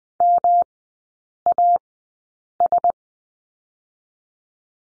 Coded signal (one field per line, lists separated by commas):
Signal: Morse code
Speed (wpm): 20 wpm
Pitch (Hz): 700 Hz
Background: none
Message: MAS